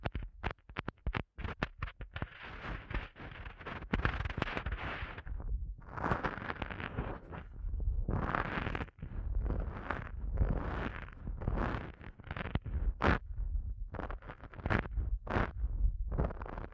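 An ASMR eardrum massage: dense rubbing and brushing sounds that swell and fade in uneven waves. Quick, crisp taps cluster in the first two seconds and again toward the end, with a steady low rumble running beneath the whole clip.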